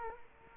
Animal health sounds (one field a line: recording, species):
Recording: mosquito wingbeat signal from an infrared sensor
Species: Culex quinquefasciatus